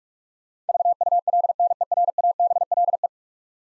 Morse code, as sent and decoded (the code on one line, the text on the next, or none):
...- ..- .-.. -. . .-. .- -... .-.. .
VULNERABLE